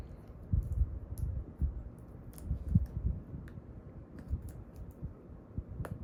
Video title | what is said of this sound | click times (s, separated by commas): Part 5 Kawasaki KE175 “Mitchell” build series/ install wiring, electrical, battery | Hear a click. | 5.8 s